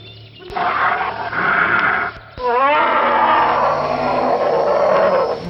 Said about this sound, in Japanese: するとカーが現れてシャーという音を出しました。猿たちは怖がって木の上に逃げました。